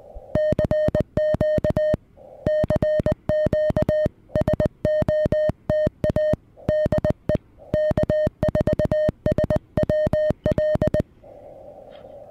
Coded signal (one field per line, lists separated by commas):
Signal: Morse code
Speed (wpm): 20 wpm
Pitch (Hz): 610 Hz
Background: music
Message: CQ CQ SOTA DE K4SWL